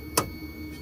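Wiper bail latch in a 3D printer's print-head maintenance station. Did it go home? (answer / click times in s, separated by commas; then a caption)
yes / 0.2 s. After the wiper is wiped clean with an alcohol rag and raised back up, the bail on the wiper assembly of a Stratasys J55 PolyJet 3D printer's print-head maintenance station is flipped down until it latches. A single sharp click sounds at 0.2 s over a quiet, steady background hum. The wiper bail latch is confirmed closed and seated.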